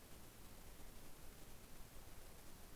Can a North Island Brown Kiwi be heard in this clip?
no